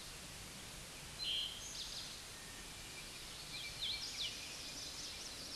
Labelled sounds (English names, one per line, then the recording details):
Eastern Towhee song
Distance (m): 35 m
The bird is about 5 m above the microphone
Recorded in a Pennsylvania forest on 16 May 2024 at 09:22
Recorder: AudioMoth, point MSD-0690
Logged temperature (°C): 16.0 °C
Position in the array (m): 203 m, 140 m